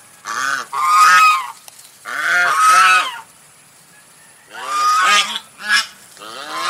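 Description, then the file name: Domestic goose giving loud, harsh honks in several bursts separated by pauses, each burst made of a few quick nasal notes. White goose. "suara angsa putih"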